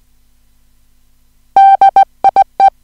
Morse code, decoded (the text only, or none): DIE